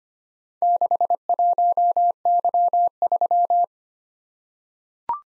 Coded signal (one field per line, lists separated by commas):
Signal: Morse code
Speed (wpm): 25 wpm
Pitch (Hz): 700 Hz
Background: none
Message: 61Y3